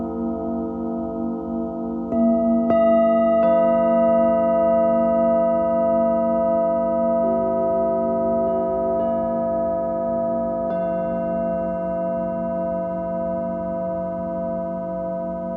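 Tibetan singing bowls ring in long, sustained, overlapping tones that hum and waver slowly. New strikes add fresh bright tones at about 2, 3, 7 and 11 seconds, each blending into the steady drone. A low rumble sits underneath throughout.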